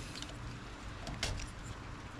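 A new windshield wiper blade's adapter is handled against the J-hook of the wiper arm, with steady low rumbling noise and a brief sharp handling sound around 1.2 seconds. Nothing has seated or clicked into place yet; the blade is not locked onto the arm.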